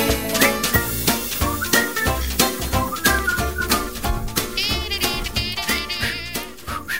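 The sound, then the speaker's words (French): A high, wavering whistled melody rides over busy, upbeat intro theme music with steady percussive hits as someone tries to whistle along with the theme's own whistling. The whistling grows clearer and more sustained toward the end. “Je sais pas si vous avez déjà remarqué, j'essaie toujours de siffler en même temps que le sifflement de notre musique de présentation, d'introduction, mais ça marche pas.”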